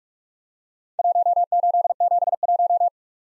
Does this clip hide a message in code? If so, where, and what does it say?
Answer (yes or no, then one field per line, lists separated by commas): yes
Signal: Morse code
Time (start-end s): 1.0-2.9 s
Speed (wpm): 46 wpm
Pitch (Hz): 700 Hz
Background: none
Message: 1871